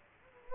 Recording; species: mosquito wingbeat signal from an infrared sensor; Culex quinquefasciatus